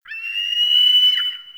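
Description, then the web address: Bird of prey giving one long, even, high whistled note lasting just over a second. Distant bird heard within a mountain forest ambience. "Soulframe Sounds Ambience Mountain Mtn Forest Predatory Bird Far"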